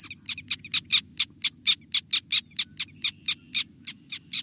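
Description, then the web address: Black tern giving sharp, clipped calls in a rapid series, roughly four per second, bright and high-pitched over a quiet background. "Birdnote. The Elegant Black Tern"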